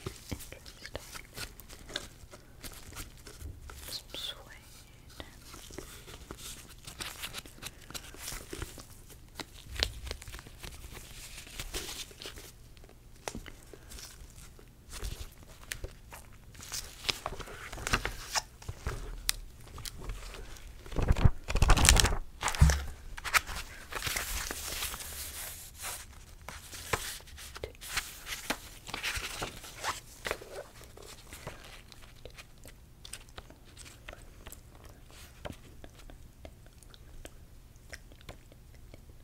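Gloved hands handle and examine objects, with a steady run of soft rustles and clicks and a louder cluster of scrapes near twenty-two seconds.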